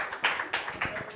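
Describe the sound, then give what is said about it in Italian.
A brief burst of audience applause at a comedy night: many hands clapping in a dense, crackling patter, with a few sharper swells rising out of the steady clatter at a moderate level. “Un applauso a loro che...”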